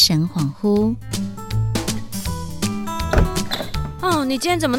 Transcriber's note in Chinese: 關門聲